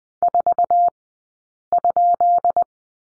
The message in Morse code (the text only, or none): 4?